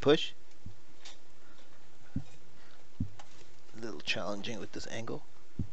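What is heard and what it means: A storage drive is lined up on its slot, which has a metal locking latch, and pushed at an awkward angle while someone talks, with a few faint handling ticks in the background. The drive has not seated or clicked into place yet.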